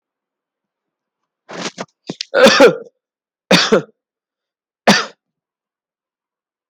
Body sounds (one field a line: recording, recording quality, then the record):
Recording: shallow voluntary cough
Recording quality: excellent, no background noise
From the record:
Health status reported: healthy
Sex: male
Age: 36 years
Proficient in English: yes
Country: India